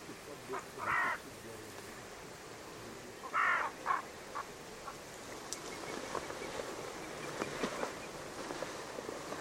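Bird giving harsh, hoarse calls: two loud raspy notes a few seconds apart, then fainter scattered calls over steady outdoor background noise.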